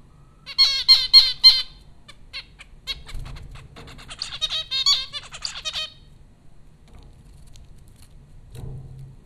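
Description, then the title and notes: Zebra finch calls, a quick run of five loud nasal harmonic beeps, then a longer busy run of calls, with a faint low hum underneath. Zebra finches at Popcorn School, Flatbush, Brooklyn, New York, in April 2009. "Dronecast: The Popcorn Finches Four from Apr 15, 2009. Zebra finches recorded by Dan Bodah at Popcorn School, Flatbush, Brooklyn NY in April 2009"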